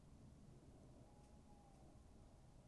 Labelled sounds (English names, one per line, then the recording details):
Tawny Owl
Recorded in Germany
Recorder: ecoPi